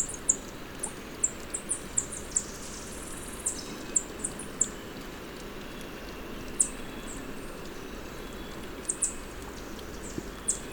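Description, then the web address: Spotted tanager uttering high, sibilant single chips at uneven intervals, a brief burst of several near the start, over a steady low background hum. Ecuador. "Natures Songs S America Birds of Ecuador. Spotted Tanager"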